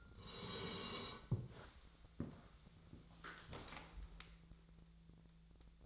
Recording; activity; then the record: daily activity, microphone in the room; sit down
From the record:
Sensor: 3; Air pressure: 1000.4 hPa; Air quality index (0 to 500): 168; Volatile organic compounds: 3 ppm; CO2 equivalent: 1466 ppm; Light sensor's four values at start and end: 17/39/17/18 and 17/39/17/18